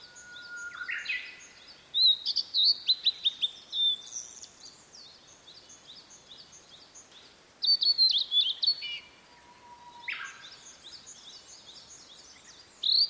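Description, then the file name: Blue-and-white flycatcher song: bright whistled phrases dropping into rapid trills, repeated several times, while another bird calls steadily in the background and a low whistle sounds twice. "oruri"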